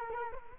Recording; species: mosquito wingbeat signal from an infrared sensor; Culex quinquefasciatus